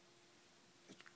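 A 9.5 mm SATA hard drive caddy, a plastic and metal tray holding a 500 GB drive, slides into the optical drive bay of an Acer 4830TG laptop and is pushed home. After a quiet stretch, several small, quick clicks sound at 0.9, 1.0 and 1.1 seconds. The caddy is seated in place.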